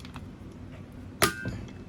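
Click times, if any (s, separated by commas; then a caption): 1.2 s. A torque driver tightens a scope mount screw on a Rock Island Armory MIG 22 Tactical .22 rifle until it clicks at its set torque. After a couple of faint ticks early on, one sharp metallic click rings out at 1.2 seconds, showing the set torque has been reached.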